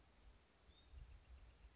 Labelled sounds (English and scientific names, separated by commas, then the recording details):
Bewick's Wren (Thryomanes bewickii)
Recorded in Sonoma County, California